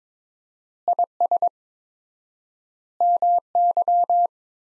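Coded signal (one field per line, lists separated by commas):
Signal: Morse code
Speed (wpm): 22 wpm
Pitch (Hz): 700 Hz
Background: none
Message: IS MY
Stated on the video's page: Morse practice sentences from the top 300 words at 22 wpm with 4x word spacing, a Farnsworth-like method applied to words.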